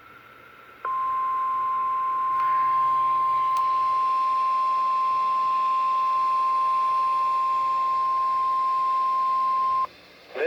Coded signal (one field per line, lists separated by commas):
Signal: Emergency Alert System (SAME) tones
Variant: 1050 Hz attention tone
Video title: 11-27-24 Required Weekly Test (EAS #4)